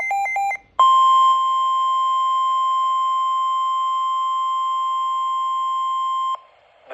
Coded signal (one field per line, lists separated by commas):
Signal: Emergency Alert System (SAME) tones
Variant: 1050 Hz attention tone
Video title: severe thunderstorm warning (EAS #5)